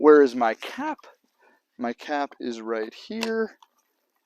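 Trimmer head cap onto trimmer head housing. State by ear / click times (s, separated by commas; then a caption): not seated / none. Someone talks while holding the plastic cap of a Tanaka Brain string trimmer head, about to press it back onto the head housing after reloading the line. Nothing has seated or clicked yet; the cap is not yet locked in place.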